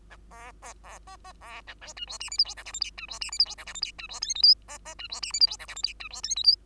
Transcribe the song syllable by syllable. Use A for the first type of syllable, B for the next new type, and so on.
A B B B C C B A D E F G H I J K L M N E F G H I J K L M N E F O P Q C C E F G H I J K L M N E F O P Q